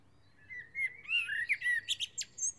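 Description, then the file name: Common blackbird song, a flowing phrase of soft whistled notes rising into a fast run of higher squeaky chirps. "Turdus merula"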